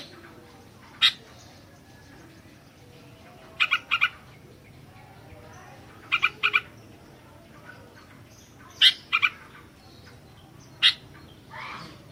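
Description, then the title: Sooty-headed bulbul giving brief chirpy notes, singly or in short groups, spaced a few seconds apart against quiet background noise. "kutilang"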